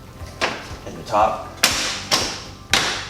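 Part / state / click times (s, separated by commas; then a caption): top cover onto condensate pump / seated / 1.6 s, 2.7 s. Someone talks as the plastic top cover of a condensate pump is pressed down onto the pump. Sharp snapping clicks sound at 1.6 s and 2.7 s as the cover snaps in and closes, seated on the pump.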